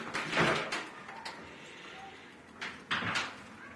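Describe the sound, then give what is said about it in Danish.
A kitchen refrigerator door is pulled open with a soft rubbery unsealing and rattle, followed by a couple of dull bumps and clinks as it swings, with no voices. “Lad os se, hvad der er i køleskabet.”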